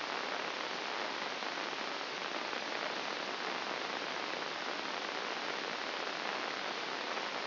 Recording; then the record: brain microelectrode recording played as sound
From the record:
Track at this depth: inside the subthalamic nucleus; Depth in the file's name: 2.704 mm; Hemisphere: left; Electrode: 2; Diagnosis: Parkinson's disease